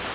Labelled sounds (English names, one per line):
Yellow-rumped Warbler flight call